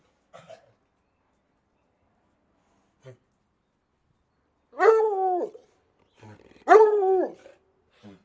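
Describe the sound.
Dog giving two loud, drawn-out barks about two seconds apart, with faint short sounds in the quiet gaps.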